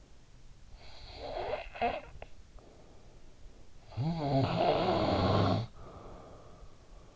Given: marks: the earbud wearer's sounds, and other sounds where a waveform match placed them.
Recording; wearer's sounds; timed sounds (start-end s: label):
sounds in sleep by an in-ear microphone; snoring breath
0.45-2.94 s: snoring breath
3.34-7.16 s: snoring breath